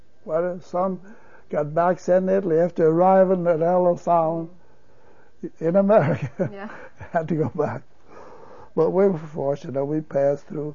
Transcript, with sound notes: Some got sent back to Italy, after arriving at Ellis Island in America ( he laughs ) they had to go back. But we were fortunate, we passed through.